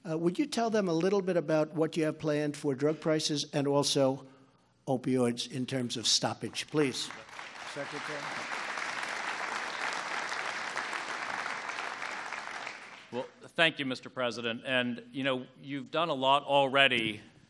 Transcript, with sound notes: Would you tell them a little bit about what you have planned for drug prices and also opioids, in terms of stoppage? Please. Secretary. (Applause.)
Well, thank you, Mr. President. And, you know, you’ve done a lot already